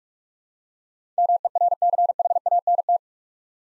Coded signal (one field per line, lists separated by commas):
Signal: Morse code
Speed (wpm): 44 wpm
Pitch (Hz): 700 Hz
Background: none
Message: MERCHANT